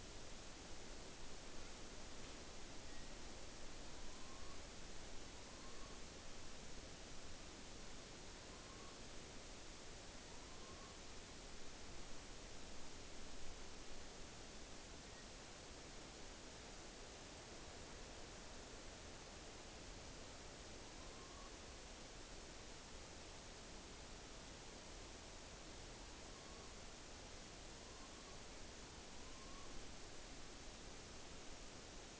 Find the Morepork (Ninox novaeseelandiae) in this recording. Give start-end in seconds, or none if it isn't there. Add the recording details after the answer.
3.70-4.65, 5.25-6.08, 8.14-9.01, 10.11-11.06, 20.66-21.57, 25.92-26.81, 27.55-28.50, 29.07-29.84. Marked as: faintness 5/5. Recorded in New Zealand on 9 October 2013. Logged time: 17:00. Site Ponui